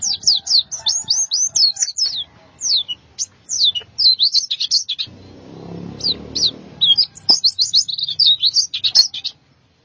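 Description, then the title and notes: White-eye song of sharp high chirps and short twittering runs, steadily repeated, with a patch of soft low rumble in the middle. "Suara kicauan burung pleci"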